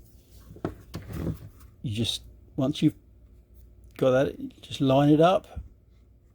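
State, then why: Not seated. A polymer interchangeable backstrap is handled and lined up on a pistol grip frame while someone talks, with a few sharp handling taps near 0.7 and 0.9 seconds. The backstrap has not been slid up into place, and nothing has seated or clicked yet.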